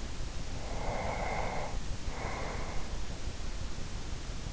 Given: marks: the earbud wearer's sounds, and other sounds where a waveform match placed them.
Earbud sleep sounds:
sounds in sleep by an in-ear microphone; breath
0.51-3.25 s: breath

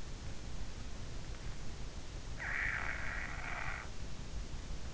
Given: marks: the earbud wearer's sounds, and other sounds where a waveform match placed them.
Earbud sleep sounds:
sounds in sleep by an in-ear microphone; snoring breath
2.43-3.87 s: snoring breath

